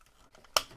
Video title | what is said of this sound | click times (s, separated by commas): Hasbro Transformers Power Of The Primes Leader Class OPTIMAL OPTIMUS review | will rotate down and you'll get a satisfying click. | 0.6 s